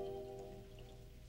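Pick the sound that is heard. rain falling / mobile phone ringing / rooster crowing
rain falling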